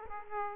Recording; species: mosquito wingbeat signal from an infrared sensor; Aedes aegypti